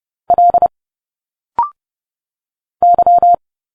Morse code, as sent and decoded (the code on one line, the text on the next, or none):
.-.. / -.--
L Y